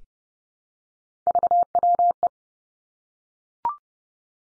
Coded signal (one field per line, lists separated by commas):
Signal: Morse code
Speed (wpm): 30 wpm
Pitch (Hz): 700 Hz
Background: none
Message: VWE